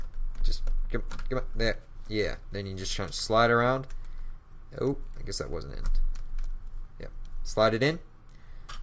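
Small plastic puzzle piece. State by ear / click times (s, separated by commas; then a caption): seated / 8.3 s, 8.7 s. A plastic edge or corner piece is pushed into a partly assembled plastic speed cube while someone talks, with light plastic handling clicks throughout. Two sharp plastic clicks at 8.3 and 8.7 seconds mark the piece clicking into place in the cube.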